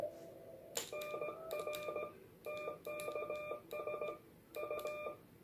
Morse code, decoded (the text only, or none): NR TKS U